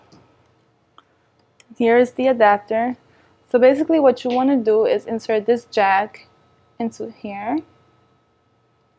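A plastic modular phone jack is handled at the port of a Kuando Busylight adapter while someone talks, with a few faint taps near 1.0 s and 1.6 s. The jack has not seated or clicked into the adapter yet.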